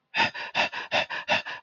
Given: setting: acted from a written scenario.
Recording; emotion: vocal sound without words; distress